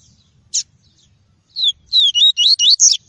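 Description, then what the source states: Double-collared seedeater song, a sharp single note, a short pause, then a rapid string of six high, looping whistled notes. "Tui-tui" song variety.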